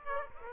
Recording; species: mosquito wingbeat signal from an infrared sensor; Aedes aegypti